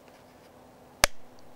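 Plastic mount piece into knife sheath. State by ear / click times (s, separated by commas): seated / 1.0 s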